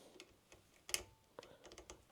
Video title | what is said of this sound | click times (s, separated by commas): Anycubic Kobra 3 Combo review #3dprinting #anycubic #geekbuying #diy | you can hear it click | 0.9 s